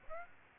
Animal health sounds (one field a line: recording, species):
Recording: mosquito wingbeat signal from an infrared sensor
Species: Aedes aegypti